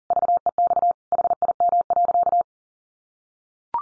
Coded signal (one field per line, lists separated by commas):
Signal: Morse code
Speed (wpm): 40 wpm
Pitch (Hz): 700 Hz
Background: none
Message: VEX HIM.